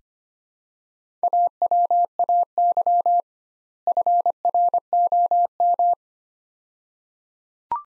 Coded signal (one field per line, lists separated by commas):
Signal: Morse code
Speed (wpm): 25 wpm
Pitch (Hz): 700 Hz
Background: none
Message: AWAY FROM